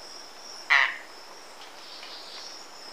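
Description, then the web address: Golden-winged manakin giving one short, harsh, buzzy note partway through, over a steady high insect hum. Recorded in Ecuador. "Birds of Ecuador Golden-winged Manakin"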